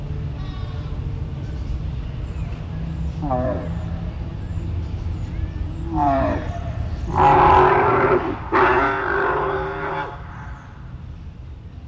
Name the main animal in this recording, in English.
Bactrian Camel